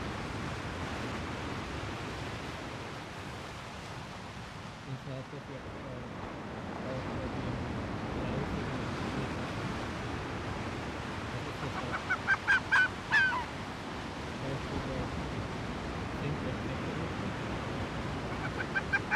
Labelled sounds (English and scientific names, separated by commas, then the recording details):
Arctic Fox (Vulpes lagopus)
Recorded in the wild
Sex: female
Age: adult
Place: Insel Mednyi, Kommandeur-Inseln, RU
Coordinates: 54.5167, 168.083
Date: 1999-07-23 18:23
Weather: Nebel, 200 m Sicht, 10°C
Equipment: Sony WM-D6C, Sennheiser MKH 70, Windkorb, Kopie Tascam DA 30
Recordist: Frommolt, Karl-Heinz
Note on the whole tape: Pereshejek, Weststrand, Tonschlucht: Polarfuchsfähe (Alopex lagopus ) links Blau/Gelb 173 kam aus südlicher Richtung, ist an Tonschlucht vorbei gelaufen, hat dort intensiv markiert (Reviergrenze) und läuft anschließend Tonschlucht nach oben und äußert dabei Bellstrophen. Die ersten 3 Bellstrophen wurden nicht aufgezeichnet. Tier nähert sich dann mir an und äußert weitere Bellstrophen und einen Schrei. Entfernung 1 m. Entfernt sich anschließend in südliche Richtung